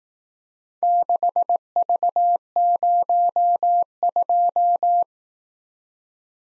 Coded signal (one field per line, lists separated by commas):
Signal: Morse code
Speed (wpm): 17 wpm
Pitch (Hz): 700 Hz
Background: none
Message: 6V02